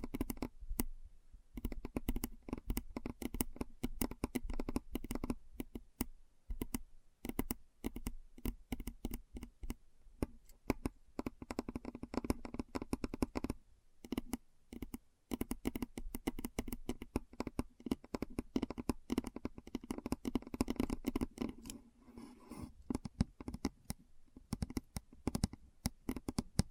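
Keyboard keys clatter in dense, uneven bursts of typing, with sharp clicks packed closely together and only brief pauses, one longer gap near the middle. The taps have a hollow, slightly low body under a crisp top, and the pace stays quick throughout.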